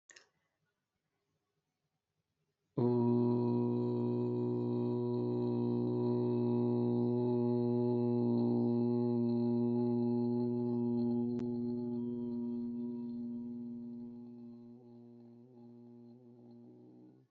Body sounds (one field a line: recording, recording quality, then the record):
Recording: sustained vowel as in boot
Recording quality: excellent, no background noise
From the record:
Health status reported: healthy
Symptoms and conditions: none ticked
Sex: male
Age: 27 years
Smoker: not ticked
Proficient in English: yes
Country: India